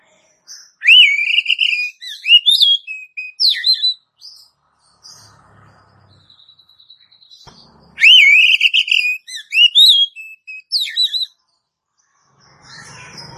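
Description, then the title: Oriental magpie-robin singing two lively bouts of sweet, warbled whistles with steady high notes and abrupt upward slurs, separated by a quiet gap. "Kacer"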